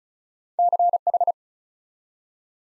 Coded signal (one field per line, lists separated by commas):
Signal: Morse code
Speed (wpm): 36 wpm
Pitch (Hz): 700 Hz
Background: none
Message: CH